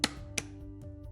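A rollator backrest with spring-button catches, pressed in and slid down into the rollator frame tubes, gives two sharp metallic clicks at 0.0 s and 0.4 s as both catches click into their holes. The backrest is seated and fixed in the frame.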